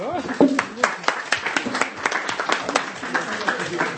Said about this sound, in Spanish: El mismo Hank McCoy, el ganador. ¡Un aplauso!